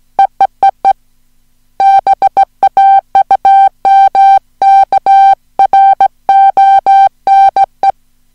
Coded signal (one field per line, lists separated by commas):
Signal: Morse code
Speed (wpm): 17 wpm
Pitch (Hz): 780 Hz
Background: music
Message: EEEE BAUMKRONE